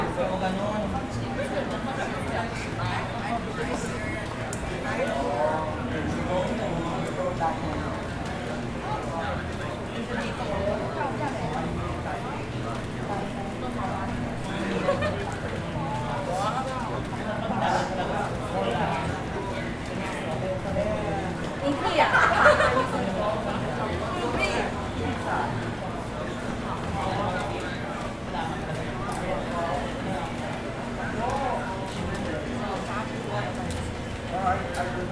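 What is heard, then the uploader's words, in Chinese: Rain on Shuangcheng Street brings a steady wash of overlapping voices, many people talking at once for the full length. A low, even hum and a faint high whine run underneath, with scattered taps and a brief louder burst of talk around 22 seconds. 雨中的雙城街。也記錄了當時等待過程中雙城街的聲音。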